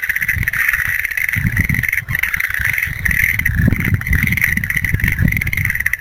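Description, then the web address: Frog chorus of fast, rattling trills blending into one continuous pulsing drone, accompanied by patchy low-pitched rumbling. "~kp room. kaeru"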